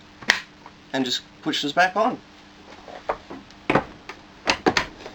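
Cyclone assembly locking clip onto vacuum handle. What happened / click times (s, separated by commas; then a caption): The plastic locking clip snapped into place / 0.3 s. The locking clip on the cyclone (radix) assembly of a Dyson DC08 vacuum is lined up with the front of the handle and pushed back on. A sharp snap at 0.3 s marks it seating onto the handle. Someone talks, and several more short knocks follow later in the clip.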